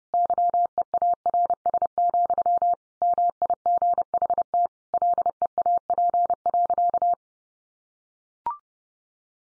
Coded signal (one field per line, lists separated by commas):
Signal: Morse code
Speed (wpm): 30 wpm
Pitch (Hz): 700 Hz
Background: none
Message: YEARS, MIGHT LEAP.